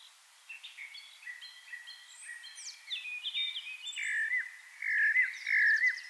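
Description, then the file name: Eurasian blackbird song: soft scattered notes build into louder mellow fluting phrases, with brief high squeaky twitters mixed in toward the end. "Turdus merula"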